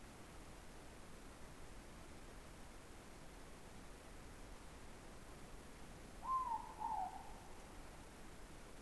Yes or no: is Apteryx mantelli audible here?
no